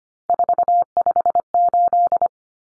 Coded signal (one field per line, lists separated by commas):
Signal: Morse code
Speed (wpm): 25 wpm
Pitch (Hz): 700 Hz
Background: none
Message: 458